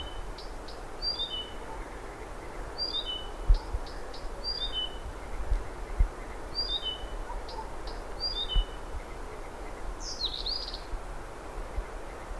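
Blyth's Reed Warbler song of repeated descending whistled triplets and sharp clicks, delivered in measured phrases, ending with a harsher squeaky note; low rumbling noise throughout.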